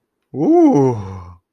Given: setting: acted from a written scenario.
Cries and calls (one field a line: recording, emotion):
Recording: vocal sound without words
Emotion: elation